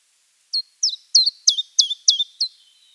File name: penochka tenkovka